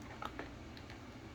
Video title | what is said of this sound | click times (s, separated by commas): Bissell ProHeat 2X Revolution Pet Unboxing, Assembly, & Usage Tutorial (1548) | Now that this is clicked into place, the machine is switched over to tool mode, | 0.2 s, 0.4 s